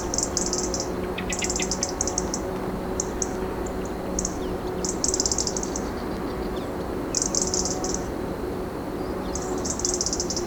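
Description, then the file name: European robin delivering frequent strong bursts of rapid high ticks, each lasting under a second, over a persistent noisy background. "Erithacus rubecula"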